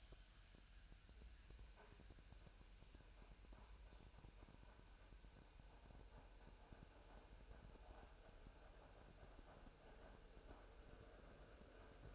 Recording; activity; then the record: daily activity, microphone in the room; make coffee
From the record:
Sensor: 2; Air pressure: 1001.9 hPa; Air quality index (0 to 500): 248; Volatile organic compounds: 39 ppm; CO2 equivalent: 3131 ppm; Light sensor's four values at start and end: 8/27/10/10 and 8/27/10/10